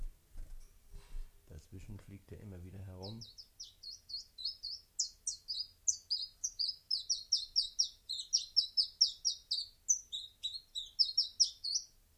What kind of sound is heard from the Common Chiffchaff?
song